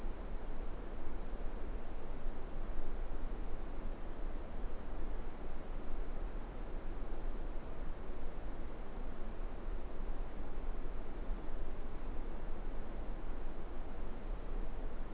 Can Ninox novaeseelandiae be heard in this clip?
no